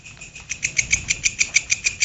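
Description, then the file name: Grasshopper stridulating: a short burst of about ten raspy high-pitched pulses, starting faintly and growing louder, evenly spaced. "belalang kerek"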